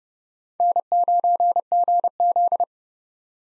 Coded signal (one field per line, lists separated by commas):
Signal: Morse code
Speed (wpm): 32 wpm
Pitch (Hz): 700 Hz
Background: none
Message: N9GZ